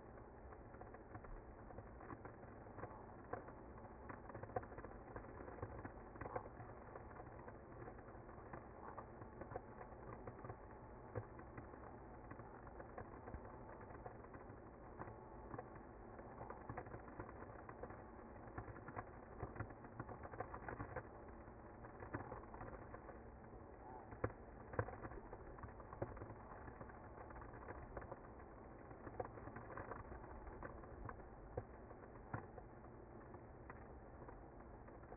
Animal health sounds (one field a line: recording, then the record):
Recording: honeybee colony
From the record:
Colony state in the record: active